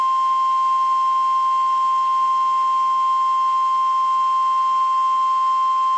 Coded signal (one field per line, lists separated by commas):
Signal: Emergency Alert System (SAME) tones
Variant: 1050 Hz attention tone